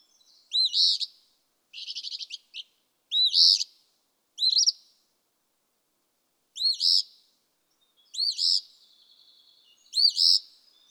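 Eastern Phoebe song: several burry phrases mixed with a stuttering chattered variant, sung in irregular bursts with gaps.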